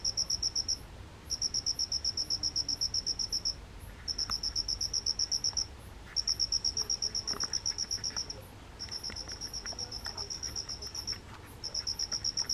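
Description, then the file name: Cricket giving long bursts of fast, high-pitched pulsed chirps broken by short gaps, with a few faint clicks and soft background hum underneath. Recorded on 1 August 2023. "20230801 ミツカドコオロギ"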